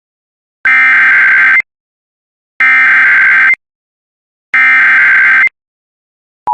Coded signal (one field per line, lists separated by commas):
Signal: Emergency Alert System (SAME) tones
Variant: header bursts